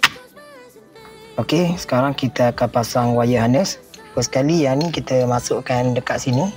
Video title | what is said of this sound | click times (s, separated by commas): Upgrade Steering Bezza – Buat Sendiri, Tak Perlu Ke Bengkel!” | dia centre dan kita just tekan sampai bunyi klik okey | 0.0 s